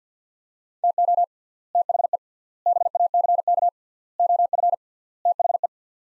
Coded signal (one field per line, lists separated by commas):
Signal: Morse code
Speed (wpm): 48 wpm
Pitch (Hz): 700 Hz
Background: none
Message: TO THE BACK OF THE